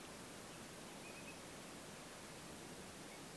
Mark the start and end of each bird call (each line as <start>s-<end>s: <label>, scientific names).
1.01s-1.34s: Numenius phaeopus
3.09s-3.20s: Numenius phaeopus